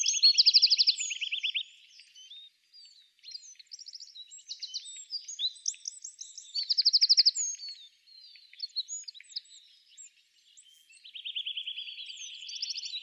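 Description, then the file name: Eurasian wren song: almost continuous strings of rapid trills, rattles and high sharp chirps, broken by short gaps, with one bright trill near the end. "Troglodytes troglodytes"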